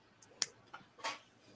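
A plastic toy brick is pressed onto another plastic building brick to show how they fit together, and it snaps into place with one sharp, bright click at 0.4 s, showing it has seated fully. Faint ticks come just before and after, around 0.2 s and 0.7 s, followed by a softer rustling burst near 1.0 s.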